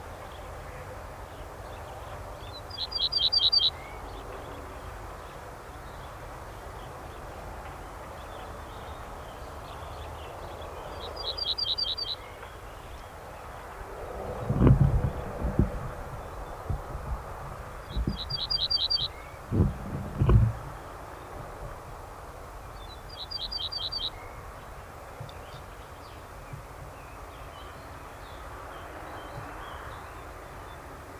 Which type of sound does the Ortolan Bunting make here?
song